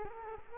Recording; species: mosquito wingbeat signal from an infrared sensor; Culex quinquefasciatus